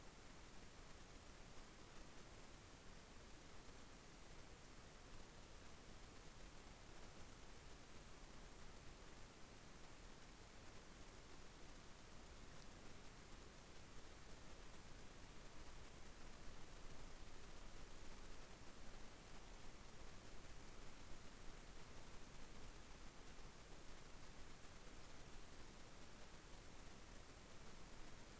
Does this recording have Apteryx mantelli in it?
no